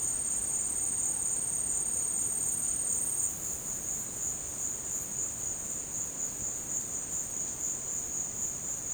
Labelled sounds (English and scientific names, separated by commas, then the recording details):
none
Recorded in secondary vegetation near Puerto Asís, Putumayo, Colombia, on 22 June 2025 at 16:00
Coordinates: 0.484, -76.319
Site G074